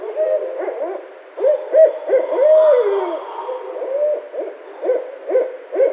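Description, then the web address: Barred owl calls: a run of hooting notes and cackling, with rising-then-falling whoops around the middle. Recorded on 16 February 2012. "Barred Owl 2012 02 16"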